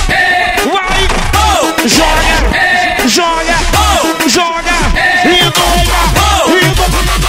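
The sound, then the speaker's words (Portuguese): A crowd at a live DJ show at Balneário Água Cristalina yells and whoops loudly and without pause, many voices overlapping in rising and falling shouts over a low, steady rumble. “Põe a mãozinha pra cima e grita.”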